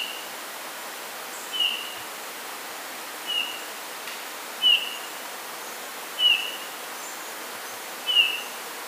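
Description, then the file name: Eurasian bullfinch repeating a gentle, mellow whistled note, five calls roughly every one and a half seconds, against steady background noise. "Pyrrhula pyrrhula"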